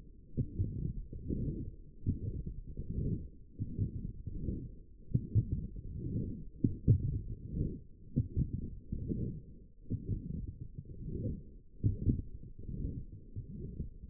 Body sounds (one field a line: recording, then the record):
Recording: forearm muscle sounds (acoustic myography)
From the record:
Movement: forearm pronation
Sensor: system 1, eight BSWA MPA416 microphones around the upper forearm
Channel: 2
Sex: female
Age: 21 years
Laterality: right